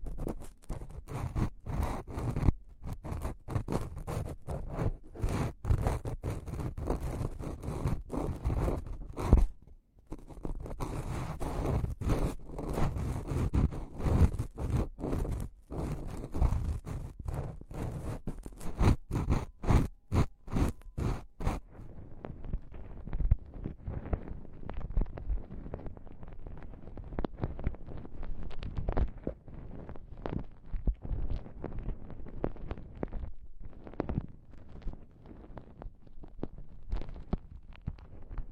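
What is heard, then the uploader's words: Ear picking in a simulated ear canal, heard as dense, rapid scratching and scraping with low rumbling thuds underneath. There is a brief gap near ten seconds. After about twenty-one seconds the scratching turns duller and muffled, losing its bright edge, but keeps going. Ear canal simulation, ultra-deep penetrating ear picking, delicate and comfortable.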